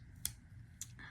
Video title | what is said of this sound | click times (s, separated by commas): Victorinox Super Tinker & Leatherman’s T2 a long term use comparison | This locks in place. | 0.2 s, 0.8 s